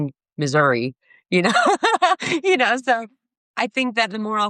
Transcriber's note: laughing